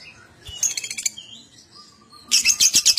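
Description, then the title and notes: Lovebird chattering song: two bursts of dense, high buzzy chirps separated by a quieter stretch with a few thin whistles. Adult lovebird; song described as gacor owor owor. "LOVEBIRD GACOR OWOR OWOR. Lovebird Dewasa"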